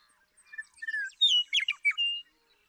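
Western meadowlark song: clear whistled notes sliding downward, then a quick burst of bubbling, gurgling notes ending in a sustained high whistle.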